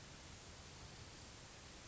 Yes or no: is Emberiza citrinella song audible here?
no